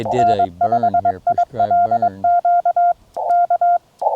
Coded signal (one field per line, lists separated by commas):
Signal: Morse code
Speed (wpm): 21 wpm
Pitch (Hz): 700 Hz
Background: speech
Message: N5ILQ K